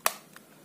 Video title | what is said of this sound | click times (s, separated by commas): JXD 528 White Version GPS Drone, Unboxing Dan Penjelasan Singkat, Review Indonesia #1 | sampai klik. | 0.1 s